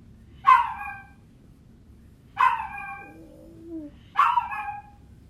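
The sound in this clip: Dog whining, three sharp yelping whines about every two seconds, with a soft low whimper before the last.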